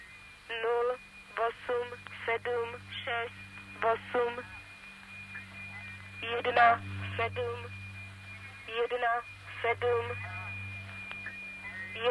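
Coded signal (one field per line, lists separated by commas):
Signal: numbers station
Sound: short spoken words at roughly even intervals over a low hum and a faint steady whine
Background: radio hum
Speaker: that is an example of a number station broadcast and those you admit they it's kind of weird sounding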